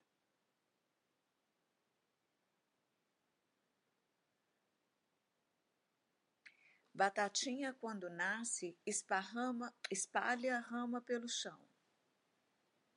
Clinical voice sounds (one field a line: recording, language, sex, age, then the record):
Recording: short text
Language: Brazilian Portuguese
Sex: female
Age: 60 to 69 years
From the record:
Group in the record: control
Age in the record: 67 years